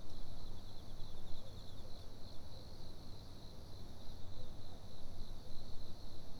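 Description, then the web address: Cricket trilling in a continuous, finely pulsed high buzz, over constant low-frequency rumble and a thin, even higher steady tone. Recorded in a university parking lot in Fukushima on 29 September 2011. "fukudai parking cricket"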